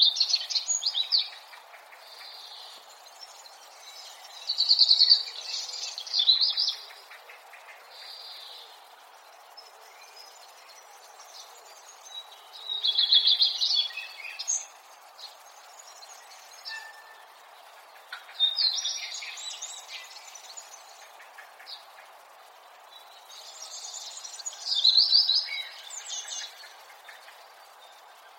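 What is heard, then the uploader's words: Birds chirp in a forest, bright song phrases bursting every few seconds over a steady thin hiss, loudest near five, thirteen and twenty-five seconds. Birdsong. Birds chirping away in the forest.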